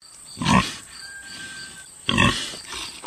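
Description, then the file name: Wild boar giving two harsh, rough grunts, with a faint steady tone and hiss between them. "dziki"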